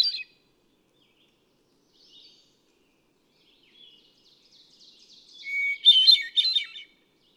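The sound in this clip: Hermit thrush song: after the end of one phrase and a few faint fragments, a clear sustained whistled note followed by a burst of fluty, tumbling higher notes.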